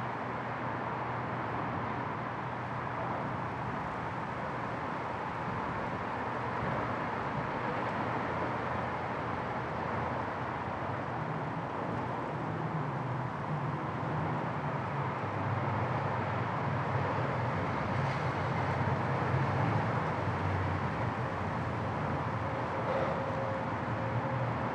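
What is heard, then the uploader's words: Under the Ben Franklin Bridge at Race Street Pier, a steady dense traffic rumble continues, with brief brighter whines and a faint tone near the end. Race Street Pier under the Ben Franklin Bridge. Race Street Pier, Race Street at Christopher Columbus Boulevard. This pier, which is nestled right next to the Ben Franklin Bridge, affords a great view of the water and the surrounding urban landscape.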